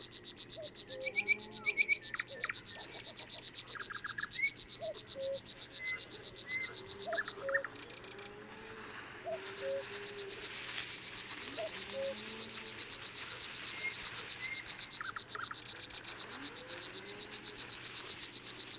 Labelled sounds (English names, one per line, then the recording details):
Thrush Nightingale song
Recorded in the wild
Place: Zirkow, Insel Rügen, Mecklenburg-Vorpommern, DE
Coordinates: 54.377, 13.536
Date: 1975-06-06 20:00
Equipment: Nagra III BH, Sennheiser MD 21, parabola
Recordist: Schubert, Michael